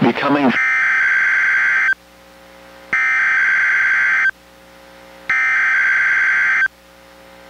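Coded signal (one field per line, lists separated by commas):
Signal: Emergency Alert System (SAME) tones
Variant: header bursts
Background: speech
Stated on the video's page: Required Weekly Test issued by the National Weather Service and relayed by NOAA Weather Radio station KEC91, recorded from a Reecom R-1630 weather radio through a Zoom H1 recorder.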